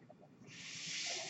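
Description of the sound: A steady, rising high airy hiss of a mechanical ventilator pushing a breath, heard in the background.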